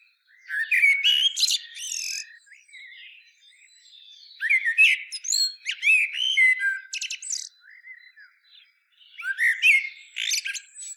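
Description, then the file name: Common blackbird singing three phrases of liquid whistles mixed with thin, scratchy high notes, with short lulls between them. "Turdus merula"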